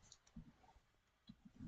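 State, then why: Not seated. A small plastic suitcase accessory is handled and pushed toward a toy brick car, giving faint handling ticks at about 0.1 and 0.3 s and a few soft low thumps. Nothing has seated or clicked yet: the suitcase does not click in and is left loose.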